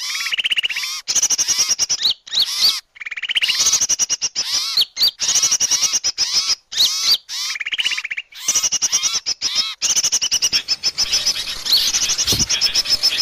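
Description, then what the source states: Bird calls: bursts of fast chirps and rattling trills with sweeping whistles, phrases separated by brief gaps, a low thump near the end. Bird lure call (pikat), described as a thousand birds.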